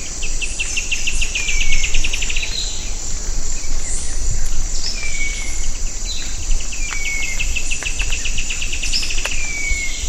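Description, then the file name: Bird calls: rapid trains of high ticking notes and short falling whistles, repeated throughout over a loud, steady high insect drone. "SABIOD 50 bird 2015"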